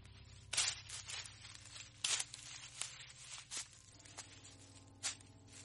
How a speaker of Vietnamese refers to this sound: Chỉ chốc lát sau, thì tiếng bước chân lúc nãy từ trên lầu đã lại đi xuống vang lên. Cái âm thanh lẹp xẹp ấy đã lại vang vọng.